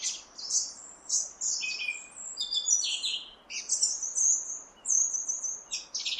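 Song thrush song: a quick run of varied high whistled and chirping notes over a soft background hiss.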